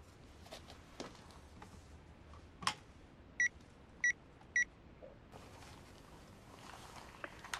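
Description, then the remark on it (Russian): A woman sitting on a sofa at home dials a telephone: three short, bright electronic beeps from the keypad, pressed in quick uneven succession over a low steady background hiss, with a few soft clicks and rustles before and after. “Сев на диван, она звонит по телефону.”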